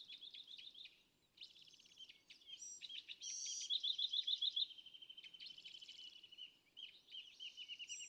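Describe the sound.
California thrasher song, a varied run of high chirped and warbled phrases with a brief pause, then a fast trill of repeated notes, followed by more jumbled phrases.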